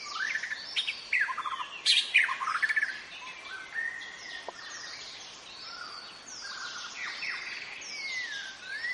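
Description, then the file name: White-rumped shama song: rich varied phrases of clear whistles and sweeping notes mixed with sharp chattering bursts, shifting pitch constantly with brief pauses. Wild forest white-rumped shama. "suara muraibatu hutan omkicau"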